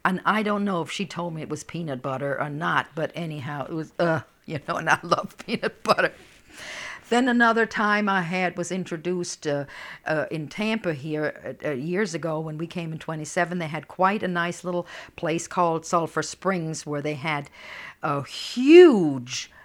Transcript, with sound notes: And I don't know if she told me it was peanut butter or not, but anyhow, it was, "Ugh," you know. And I loved peanut butter. ( she laughs ) Then another time I had, was introduced in Tampa here years ago when we came in '27, they had quite a nice little place called Sulphur Springs where they had a huge